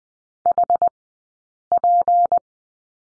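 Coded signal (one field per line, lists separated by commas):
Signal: Morse code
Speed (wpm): 20 wpm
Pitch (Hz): 700 Hz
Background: none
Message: HP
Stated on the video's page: Morse course lesson on the number 7 at Farnsworth speed 20/10 wpm.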